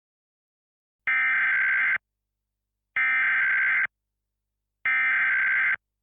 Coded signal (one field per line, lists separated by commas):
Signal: Emergency Alert System (SAME) tones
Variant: header bursts